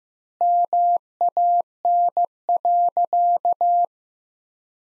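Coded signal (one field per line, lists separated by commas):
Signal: Morse code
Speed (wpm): 15 wpm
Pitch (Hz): 700 Hz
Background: none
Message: MAN.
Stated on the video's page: Sentence copy practice at 15 wpm with 2x standard word spacing, a word-level analogue of Farnsworth spacing.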